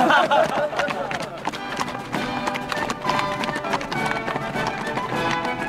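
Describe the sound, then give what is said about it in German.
Two horses clip-clop along at a steady trot as they are ridden out of a fortress, hooves striking in quick, overlapping beats that sound moderately loud throughout, with a faint murmur of voices mixed underneath. “Simplicius erhielt zwei neue Pferde und ritt mit seinem Herzbruder freudevoll zur Festung hinaus.”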